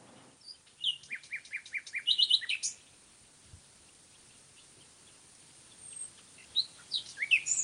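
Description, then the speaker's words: Common nightingale song: short bursts of rapid, high repeated notes and sharp chirps, a pause, then more twittering phrases near the end. Singing in Austria during the dawn chorus. "We're just listening to a nightingale"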